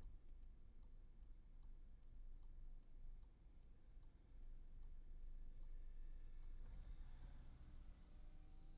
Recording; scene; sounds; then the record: everyday scene through a hearing-aid microphone; in a vehicle; engine idling, traffic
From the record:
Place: Skoda Fabia, gasoline engine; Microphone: behind the ear, right, front